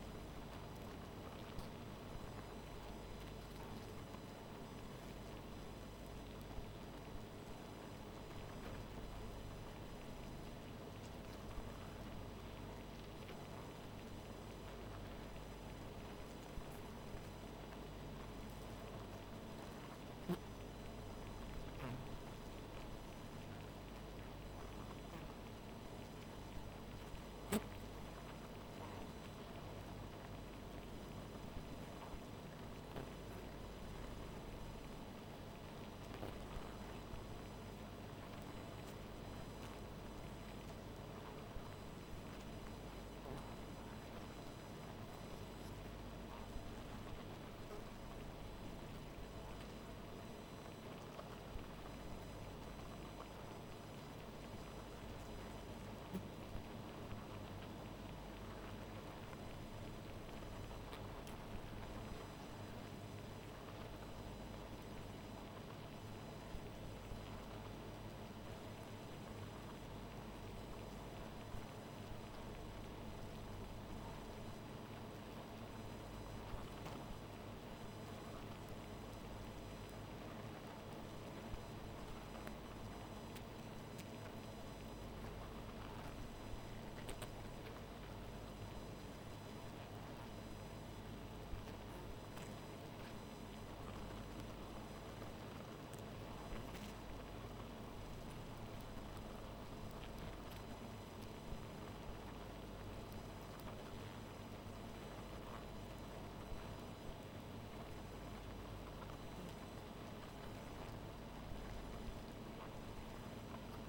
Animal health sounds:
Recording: honeybee colony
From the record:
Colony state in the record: missing queen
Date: 14 July 2017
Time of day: 1:21

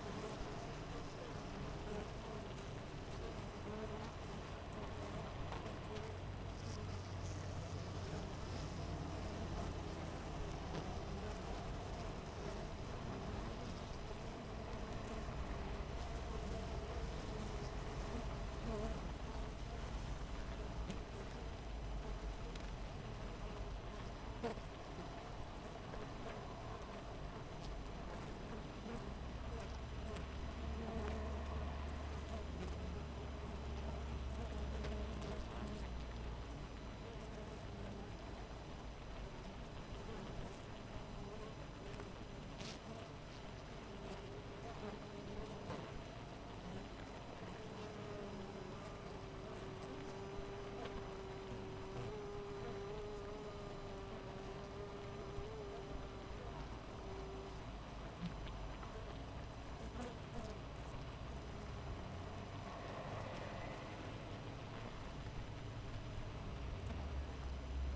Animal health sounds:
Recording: honeybee colony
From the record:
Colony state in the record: missing queen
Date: 14 July 2017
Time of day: 6:14

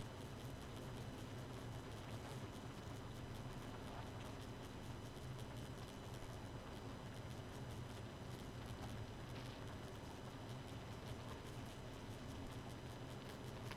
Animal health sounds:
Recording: honeybee colony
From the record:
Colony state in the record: missing queen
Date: 31 May 2018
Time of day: 2:10

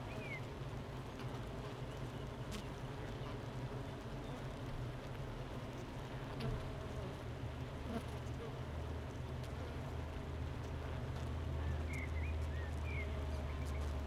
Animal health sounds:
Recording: honeybee colony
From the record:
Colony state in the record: missing queen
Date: 31 May 2018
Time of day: 9:09

